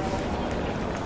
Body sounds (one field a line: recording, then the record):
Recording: background sound without coughing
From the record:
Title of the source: Train Station Sounds Paris